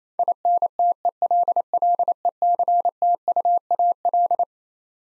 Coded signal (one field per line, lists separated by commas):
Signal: Morse code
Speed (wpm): 27 wpm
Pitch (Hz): 700 Hz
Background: none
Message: INTELLECTUAL